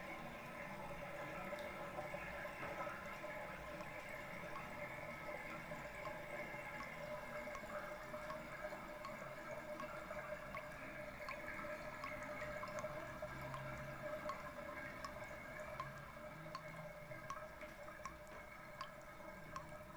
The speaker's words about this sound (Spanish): Era el sonido de la gota de agua que se perdía en la inmensidad del tiempo.